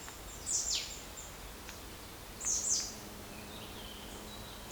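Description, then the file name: Marsh tit calls: sharp, very high notes, one dropping steeply in pitch, given in two quick bursts about two seconds apart and a third at the end, over a faint steady background hiss. "Poecile palustris"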